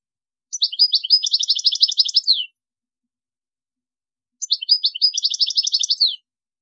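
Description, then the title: European goldfinch song: two short, near-identical phrases of rapid, tinkling twitter ending in a slurred downward note, separated by about two seconds of silence. "Chant Chardonneret"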